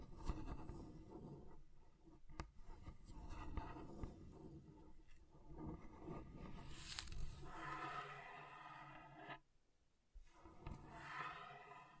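Scratching across a table surface, a continuous rough scraping that shifts in texture as it moves over different spots, with sharp ticks near 2.4 and 7 seconds. After about 8 seconds the scratching turns brighter and raspier, then stops briefly around 9.5–10 seconds before resuming.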